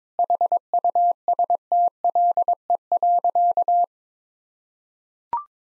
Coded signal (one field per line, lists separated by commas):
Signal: Morse code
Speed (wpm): 22 wpm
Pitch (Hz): 700 Hz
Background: none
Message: HUSTLE.